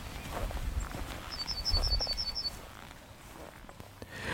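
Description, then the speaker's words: Yellowhammer song: a quick, even run of several high, clipped notes lasting about a second, with low rustling noise throughout. Singing nearby from the top of a hawthorn bush on a hot afternoon; the song is said to sound like 'a little bit of bread and no cheese'. "And there's a yellowhammer singing nearby from the top of a hawthorn bush."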